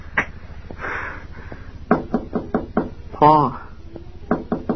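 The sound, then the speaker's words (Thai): Sharp, hollow knocks on the door of his parents' house by a son returning home come in quick bursts, first a run of about five raps, then a shorter cluster of three, with his voice briefly calling out to his father to open the door between them. “พ่อเปิดประตูรับด้วยลูกมาแล้วพ่อทำไมเงียบเชียบคล้ายกับไม่มีคนอยู่ข้างในอย่างนั้นน่ะต้องเรียกใหม่อีกทีสิพ่อเปิดประตูรับลูกด้วย”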